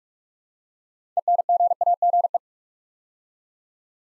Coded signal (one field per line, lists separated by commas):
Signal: Morse code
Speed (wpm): 44 wpm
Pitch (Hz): 700 Hz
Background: none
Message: ENGAGE